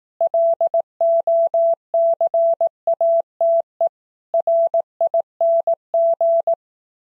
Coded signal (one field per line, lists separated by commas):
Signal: Morse code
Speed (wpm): 18 wpm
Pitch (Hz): 670 Hz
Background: none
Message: LOCATE RING